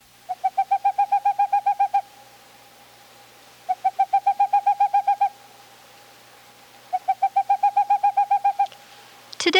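Boreal owl song, a quick staccato run of about a dozen mellow hoots, repeated in three bursts roughly every three seconds, with a faint steady hum behind.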